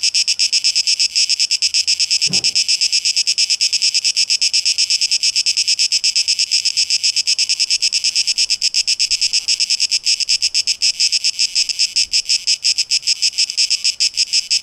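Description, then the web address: Cicada buzzing, shrill and rapidly throbbing without pause, with one short thud early on. 12 August 2023, tape echo mix. "rauschpartikel Audio 2023-08-12 Zikaden"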